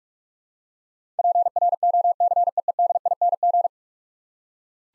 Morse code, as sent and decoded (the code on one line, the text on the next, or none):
.--. .-. --- -.-. . . -.. .. -. --.
PROCEEDING